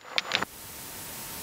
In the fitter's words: it together like such until you hear a click and